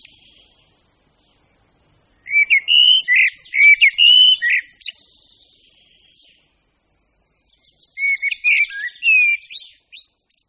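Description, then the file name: Common blackbird singing two mellow whistled phrases that wander up and down, each finishing with thin scratchy twittering, with a calm gap between them. "Kos-černý"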